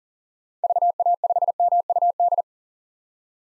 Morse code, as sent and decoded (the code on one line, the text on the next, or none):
...- .- ..... -- ..- -..
VA5MUD